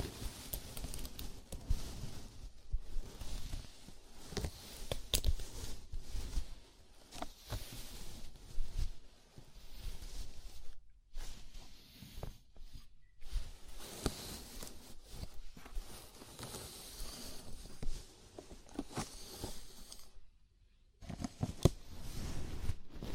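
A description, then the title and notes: Scalp massage: fingers rub and scratch through hair in a dense, uneven stream of soft rustling and crackling, mostly bright and hissy with some low thumps. The rubbing comes in bursts with brief silent gaps near 11, 13 and 20–21 seconds. ASMR Sleepy Scalp Massage (No Talking).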